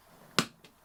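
The BOA dial-and-cable lacing dial on a safety boot, resting on a workbench with no foot inside, is pulled outward to free the steel cable and open the closure. It gives one sharp, bright click at 0.4 s, followed by a much fainter tick at about 0.65 s. The dial releases and the cable is freed.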